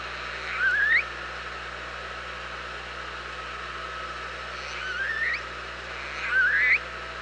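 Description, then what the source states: Orca calls, three rising wavering calls spread over seven seconds, each with faint upper harmonics, against steady underwater hiss and low hum. OrcaLab, 24 August 2017, about 07:44.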